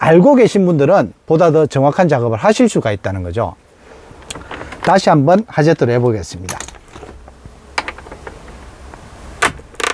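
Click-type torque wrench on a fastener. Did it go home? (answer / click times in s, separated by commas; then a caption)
yes / 9.4 s. Someone talks, then a Snap-on click-type torque wrench is pulled again on a fastener to demonstrate. It breaks over with a fairly loud click at the set torque at 9.4 s.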